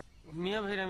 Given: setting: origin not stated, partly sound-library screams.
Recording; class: one-second piece from a danger detection set; normal situation